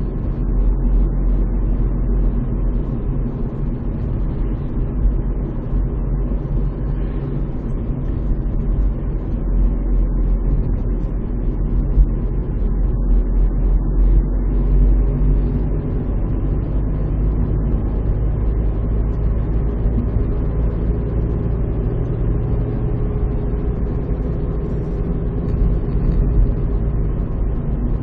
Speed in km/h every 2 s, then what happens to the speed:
49, 49, 50, 49, 47, 46, 48, 53, 57, 60, 63, 63, 59, 56.
0-11 steady at about 49. 11-20 speeds up to 63. 20-28 slows to 56.